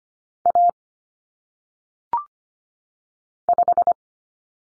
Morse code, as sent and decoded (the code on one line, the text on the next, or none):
.- / .....
A 5